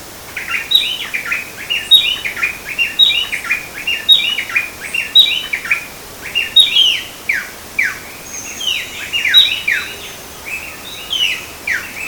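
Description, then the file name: Long-billed wren singing a rapid, nearly continuous run of ringing whistled notes. Fast repeated phrases continue for the whole stretch. Three birds; Bertioga, São Paulo state, Brazil; 17 August 2012. "Thryothorus-longirostris-3 birds-Bertioga-SP-Brazil-17-8-12-ASilveira"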